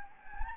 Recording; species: mosquito wingbeat signal from an infrared sensor; Anopheles gambiae